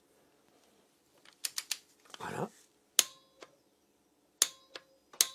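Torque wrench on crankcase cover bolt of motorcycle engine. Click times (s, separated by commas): 1.5 s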